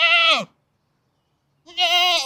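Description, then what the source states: Goat bleating twice, two loud harsh wavering bleats separated by about a second of silence. Domestic goat shown by its owner at the farm of Liart, during an environment class.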